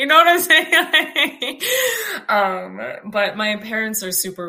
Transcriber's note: laughing